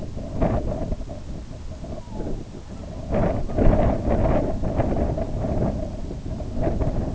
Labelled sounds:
Red-throated Loon (Gavia stellata), unidentified sound
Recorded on Arctic tundra, site IGLO-B, on 19 June 2018
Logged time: 23:59

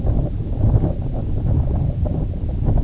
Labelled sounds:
none
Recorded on Arctic tundra, site IGLO-A, on 19 June 2018
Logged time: 03:59

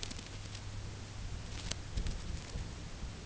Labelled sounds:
none
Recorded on Arctic tundra, site UTQI-5, on 19 June 2019
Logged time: 22:00

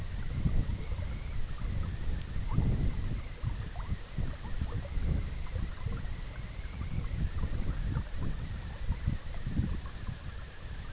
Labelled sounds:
none
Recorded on Arctic tundra, site EABA-MC, on 20 June 2019
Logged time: 14:00

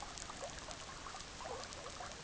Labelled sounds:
none
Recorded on Arctic tundra, site EABA-MC, on 18 June 2019
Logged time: 06:00

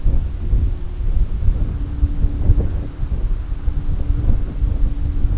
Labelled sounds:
none
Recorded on Arctic tundra, site CORI-1, on 20 June 2018
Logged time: 20:00

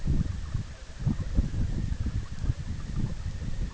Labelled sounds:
none
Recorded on Arctic tundra, site EABA-MC, on 20 June 2019
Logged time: 14:00

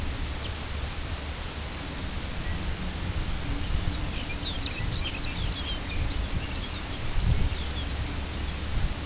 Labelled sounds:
Lapland Longspur (Calcarius lapponicus), unidentified sound
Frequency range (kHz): Lapland Longspur (Calcarius lapponicus) 1.9-6.7 kHz
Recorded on Arctic tundra, site UTQI-2, on 10 June 2019
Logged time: 16:00

